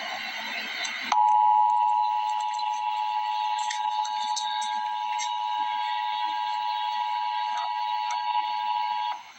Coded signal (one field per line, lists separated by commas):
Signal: Emergency Alert System (SAME) tones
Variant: 853 and 960 Hz attention tone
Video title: Emergency Alert System - Flash Flood Warning - Jul 28, 2025 at 5:03 PM EDT